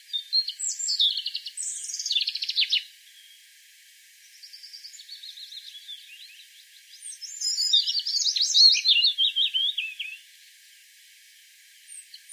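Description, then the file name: European robin song in three phrases: a bright tumbling opening, a pause, a softer thin trill, then a louder cascade of high rapid notes. "Erithacus rubecula"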